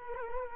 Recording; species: mosquito wingbeat signal from an infrared sensor; Culex quinquefasciatus